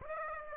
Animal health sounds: mosquito wingbeat signal from an infrared sensor; Aedes aegypti

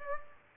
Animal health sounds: mosquito wingbeat signal from an infrared sensor; Aedes aegypti

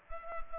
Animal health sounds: mosquito wingbeat signal from an infrared sensor; Culex pipiens

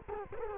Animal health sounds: mosquito wingbeat signal from an infrared sensor; Culex quinquefasciatus

